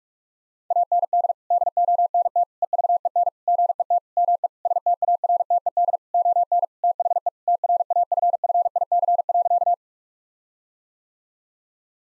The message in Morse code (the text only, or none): AND DONT EVEN GET ME STARTED ON THE TRAFFIC.